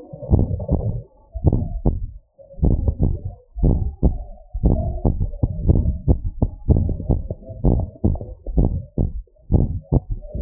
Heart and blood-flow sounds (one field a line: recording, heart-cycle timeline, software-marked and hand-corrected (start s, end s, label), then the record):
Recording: heart sounds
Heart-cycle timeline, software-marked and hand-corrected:
0.00	0.31	diastole
0.31	0.49	S1
0.49	0.81	systole
0.81	0.93	S2
0.93	1.45	diastole
1.45	1.59	S1
1.59	1.87	systole
1.87	2.03	S2
2.03	2.59	diastole
2.59	2.73	S1
2.73	3.01	systole
3.01	3.15	S2
3.15	3.61	diastole
3.61	3.79	S1
3.79	4.05	systole
4.05	4.17	S2
4.17	4.63	diastole
4.63	4.77	S1
4.77	5.05	systole
5.05	5.17	S2
5.17	5.65	diastole
5.65	5.79	S1
5.79	6.09	systole
6.09	6.21	S2
6.21	6.69	diastole
6.69	6.85	S1
6.85	7.11	systole
7.11	7.21	S2
7.21	7.65	diastole
7.65	7.83	S1
7.83	8.11	systole
8.11	8.19	S2
8.19	8.57	diastole
8.57	8.73	S1
8.73	8.99	systole
8.99	9.09	S2
9.09	9.53	diastole
9.53	9.67	S1
9.67	9.93	systole
9.93	10.03	S2
10.03	10.42	diastole
From the record:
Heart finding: normal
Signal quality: good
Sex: female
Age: 50 years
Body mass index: 25.7